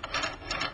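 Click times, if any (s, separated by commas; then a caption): none. With an Asahi-Seiko coin hopper sitting on a table, the pin wheel is stuck on with its bearing race centered, and two raspy rubbing bursts are heard, roughly from 0.1 to 0.3 s and from 0.5 to 0.7 s. The rubbing shows the race is not properly home; nothing has seated or clicked yet.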